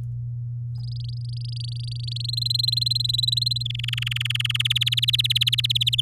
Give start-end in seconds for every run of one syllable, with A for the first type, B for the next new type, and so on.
0.75-2.35 A, 2.37-3.63 B, 3.65-4.57 C, 4.59-6.01 D